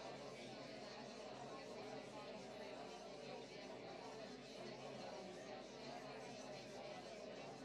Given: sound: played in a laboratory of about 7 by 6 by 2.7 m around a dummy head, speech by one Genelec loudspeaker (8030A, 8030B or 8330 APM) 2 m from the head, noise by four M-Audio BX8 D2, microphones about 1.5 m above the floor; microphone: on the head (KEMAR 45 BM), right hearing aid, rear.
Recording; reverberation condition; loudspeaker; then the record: babble noise; low; four, about 170 cm from the corners of the room and facing them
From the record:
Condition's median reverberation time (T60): about 310 ms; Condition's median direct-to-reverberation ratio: about 3.5 dB